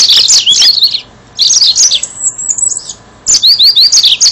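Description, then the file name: Yellow-fronted canary song: a quick jumble of high twittering notes, then a thin, sustained high whistle, then a short run of rising slurred notes. "mozambik"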